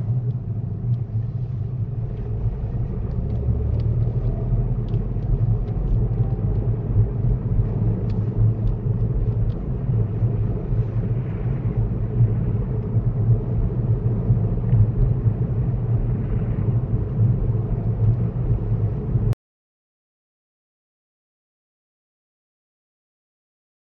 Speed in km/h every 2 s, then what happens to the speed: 13, 19, 29, 31, 31, 31, 32, 37, 32, 29, 27, 27.
0-13 speeds up to 37.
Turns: none.